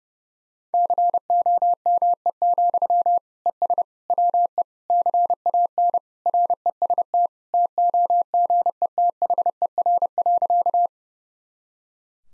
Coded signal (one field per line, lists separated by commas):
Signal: Morse code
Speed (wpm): 29 wpm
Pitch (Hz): 700 Hz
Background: none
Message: COME, ES WE CAN REST TOGETHER.